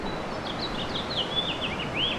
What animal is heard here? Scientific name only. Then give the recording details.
Haemorhous mexicanus. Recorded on Long Island, New York, on 8 May 2012. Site VS. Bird B